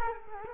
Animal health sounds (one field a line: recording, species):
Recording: mosquito wingbeat signal from an infrared sensor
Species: Culex quinquefasciatus